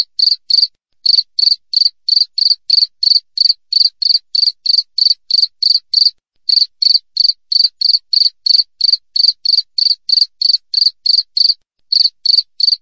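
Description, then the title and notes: Cricket chirps in rapid even series, roughly three per second, broken by a few short gaps, with a silent background throughout. Clear wild cricket chirping with closely spaced pauses. "Jangkrik Alam Jernih, Jeda Rapat. suara jangkrik"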